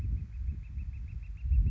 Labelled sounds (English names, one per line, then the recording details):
Northern Flicker
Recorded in Sonoma County, California